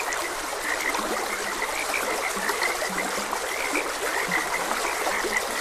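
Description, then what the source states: Frog chorus of short chirping croaks, a few deeper notes beneath, with a gently flowing stream throughout. Frogs croaking beside a gentle stream.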